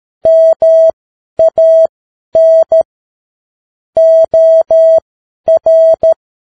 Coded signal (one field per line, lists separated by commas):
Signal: Morse code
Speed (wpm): 13 wpm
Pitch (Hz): 650 Hz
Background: none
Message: MAN OR